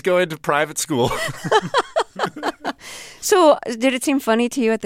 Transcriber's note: soundbite of laughter